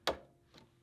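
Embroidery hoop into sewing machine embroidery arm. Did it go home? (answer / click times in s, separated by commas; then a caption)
yes / 0.1 s. An embroidery hoop is slid onto the embroidery arm carriage of a Janome Continental M17 combination sewing and embroidery machine and given a final push. It clicks into place at 0.1 s with a sharp, bright snap, followed by two fainter ticks. The hoop is seated.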